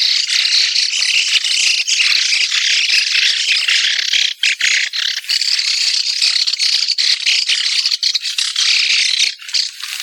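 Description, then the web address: White-cheeked starling chorus: many birds calling at once in harsh, high, jumbled chatter that barely pauses. "sikioto. mukudori"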